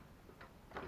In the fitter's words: Once it's lined up, you're just going to push it in until you hear a click.